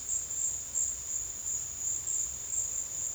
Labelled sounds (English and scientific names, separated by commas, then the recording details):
none
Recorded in secondary vegetation near Puerto Asís, Putumayo, Colombia, on 22 June 2025 at 14:00
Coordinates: 0.485, -76.322
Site GP06